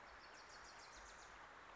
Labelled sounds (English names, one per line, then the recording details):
Wilson's Warbler
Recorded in Sonoma County, California